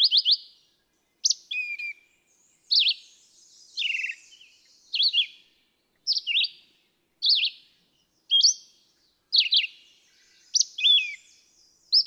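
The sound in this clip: Red-eyed vireo singing a steady series of brief, slurred whistled phrases, some rising and some falling, about one per second, with short silent gaps between them.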